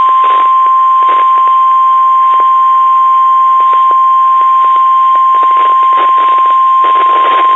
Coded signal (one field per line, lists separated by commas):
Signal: Emergency Alert System (SAME) tones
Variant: 1050 Hz attention tone